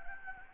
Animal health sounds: mosquito wingbeat signal from an infrared sensor; Anopheles gambiae

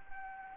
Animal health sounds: mosquito wingbeat signal from an infrared sensor; Anopheles arabiensis

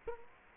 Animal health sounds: mosquito wingbeat signal from an infrared sensor; Culex quinquefasciatus

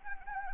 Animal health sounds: mosquito wingbeat signal from an infrared sensor; Anopheles arabiensis

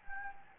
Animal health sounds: mosquito wingbeat signal from an infrared sensor; Anopheles gambiae

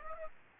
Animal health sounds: mosquito wingbeat signal from an infrared sensor; Aedes aegypti

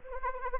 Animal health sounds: mosquito wingbeat signal from an infrared sensor; Anopheles arabiensis

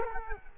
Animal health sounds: mosquito wingbeat signal from an infrared sensor; Culex quinquefasciatus

